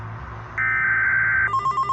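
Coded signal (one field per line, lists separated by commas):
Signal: Emergency Alert System (SAME) tones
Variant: header bursts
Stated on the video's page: EAS tones from a fictional EAS scenario.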